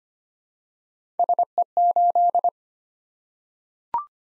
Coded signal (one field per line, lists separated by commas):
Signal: Morse code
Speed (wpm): 25 wpm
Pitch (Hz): 700 Hz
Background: none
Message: SE8